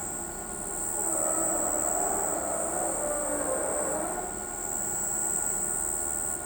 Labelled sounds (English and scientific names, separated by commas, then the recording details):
none
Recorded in pastures near Pivijay, Magdalena, Colombia, on 14 April 2023 at 04:00
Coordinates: 10.456, -74.369
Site P6-G026